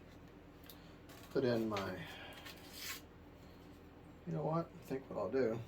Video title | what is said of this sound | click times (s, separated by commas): UNBOXING AND BUILD OF THE X-FLY SIRIUS SPORT JET | Just remember that when you feel that little click in like that. | 0.7 s